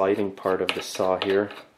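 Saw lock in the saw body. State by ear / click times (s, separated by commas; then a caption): not seated / none. Someone talks while handling a part of an R255SMS multi-material cutting 10 in. TCT sliding miter saw, which is pushed down toward the lock in the saw body at the bottom of its travel. Nothing has seated or locked yet.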